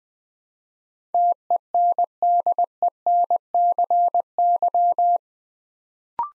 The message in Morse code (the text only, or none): TENDENCY